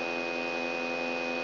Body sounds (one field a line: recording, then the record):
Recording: brain microelectrode recording played as sound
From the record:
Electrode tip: outside the subthalamic nucleus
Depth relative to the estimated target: 3 mm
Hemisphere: left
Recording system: AlphaMap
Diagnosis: Parkinson's disease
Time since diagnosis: 9 years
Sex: female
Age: 46 years